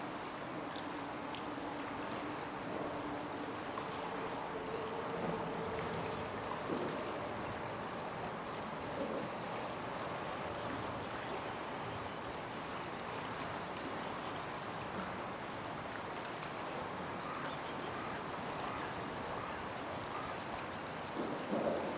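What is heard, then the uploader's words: A river rushes in a steady, dense wash under an overpass, with low traffic rumbles and faint tonal hums passing over throughout. 東名高速道路の下の川の音. 頭上を走る車の振動音、コンクリートの壁に反響する川の音。 The vibrations of a car passing overhead, the sound of a river running over a wall. The sounds of a river flowing through the city.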